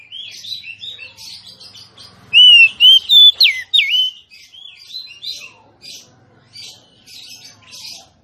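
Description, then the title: Oriental magpie-robin singing a steady run of soft chattering notes, broken midway by a loud burst of ringing whistles with a steep downward slur. Female song, used to lure a male whose singing has stalled into singing and fighting back at once. "Kacer Langsung Tarung Konslet KACER NGOTOT FULL TEMBAKAN. Suara kacer betinamemancing kacer jantan yg macet bunyi"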